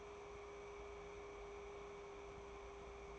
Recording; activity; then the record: daily activity, microphone in the room; take from stove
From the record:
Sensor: 1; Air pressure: 1010.4 hPa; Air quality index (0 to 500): 170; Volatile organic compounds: 12 ppm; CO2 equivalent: 2349 ppm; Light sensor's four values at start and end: 56/143/59/75 and 61/157/65/83